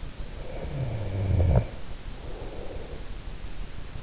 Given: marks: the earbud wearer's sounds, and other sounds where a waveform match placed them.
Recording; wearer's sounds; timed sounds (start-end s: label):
sounds in sleep by an in-ear microphone; snoring breath
0.40-3.05 s: snoring breath